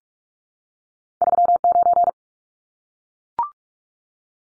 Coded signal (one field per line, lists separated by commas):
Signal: Morse code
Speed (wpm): 44 wpm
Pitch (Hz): 700 Hz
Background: none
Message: 39